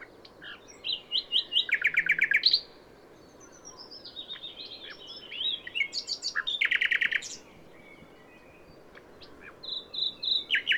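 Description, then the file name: Common nightingale singing varied phrases: rapid rattling trills of repeated notes and short whistles, separated by brief pauses, over steady low background noise. "Luscinia megarhynchos"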